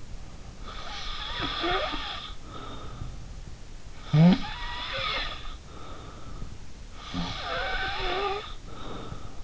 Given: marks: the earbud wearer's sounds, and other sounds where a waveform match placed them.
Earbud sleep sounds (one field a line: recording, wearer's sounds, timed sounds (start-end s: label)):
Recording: sounds in sleep by an in-ear microphone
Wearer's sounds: snoring breath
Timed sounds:
0.64-3.14 s: snoring breath
3.99-6.56 s: snoring breath
6.95-9.44 s: snoring breath